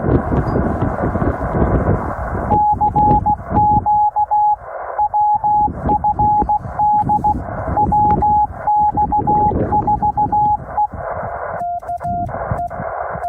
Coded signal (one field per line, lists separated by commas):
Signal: Morse code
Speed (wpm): 16 wpm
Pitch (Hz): 840 Hz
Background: radio noise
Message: CQ WFD WX4E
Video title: City of Rocks State Park, New Mexico - WINTER FIELD DAY!!!